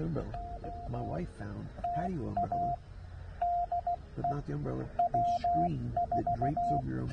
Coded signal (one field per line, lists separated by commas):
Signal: Morse code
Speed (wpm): 17 wpm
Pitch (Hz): 700 Hz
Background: speech, radio noise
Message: OTA DE W4